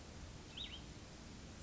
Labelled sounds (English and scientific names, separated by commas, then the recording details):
Cassin's Vireo (Vireo cassinii)
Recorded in Sonoma County, California